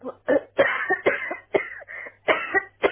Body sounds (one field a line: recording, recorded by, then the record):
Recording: voluntary cough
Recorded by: telephone call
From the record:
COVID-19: positive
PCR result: checked with the laboratory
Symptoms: yes